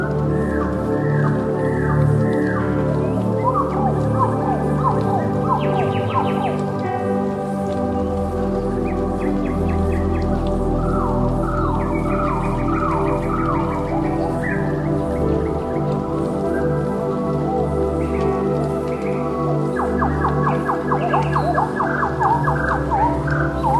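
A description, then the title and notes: Ambient music with rainforest birds: a thick, steady low drone of layered tones runs throughout without pause. Over it, birds give short rising chirps in quick clusters every few seconds, with bright buzzy trills scattered between them. Ambient Music Rainforest Sounds Birds.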